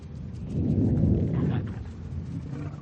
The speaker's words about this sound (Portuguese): Me diga que isso foi seu estômago. Não, foi só uma trovoada. Veio lá de baixo.